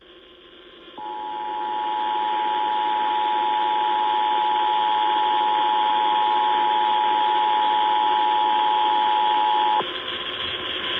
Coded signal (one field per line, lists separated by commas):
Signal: Emergency Alert System (SAME) tones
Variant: 853 and 960 Hz attention tone